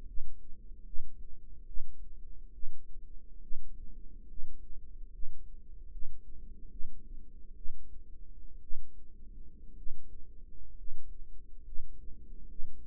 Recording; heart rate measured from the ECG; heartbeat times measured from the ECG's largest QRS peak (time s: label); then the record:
heart sounds by microphone in the right ear; 68 bpm
0.05 s: heartbeat
0.84 s: heartbeat
1.65 s: heartbeat
2.51 s: heartbeat
3.40 s: heartbeat
4.27 s: heartbeat
5.10 s: heartbeat
5.89 s: heartbeat
6.69 s: heartbeat
7.54 s: heartbeat
8.60 s: heartbeat
9.74 s: heartbeat
10.74 s: heartbeat
11.62 s: heartbeat
12.47 s: heartbeat
From the record:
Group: healthy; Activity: rest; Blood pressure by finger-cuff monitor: 141/60 mmHg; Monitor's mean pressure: 81 mmHg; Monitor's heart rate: 69 bpm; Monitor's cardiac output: 7.2 L/min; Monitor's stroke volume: 110 mL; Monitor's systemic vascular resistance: 850 dyn s/cm5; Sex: male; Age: 25 years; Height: 170 cm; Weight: 70.4 kg